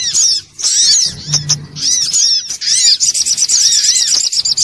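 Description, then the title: Little spiderhunter song: rapid high-pitched chattering with arched, bouncing notes in a dense stream, with a brief low humming tone beneath. Bird-training (masteran) material. "Sogok Ontong Labaik"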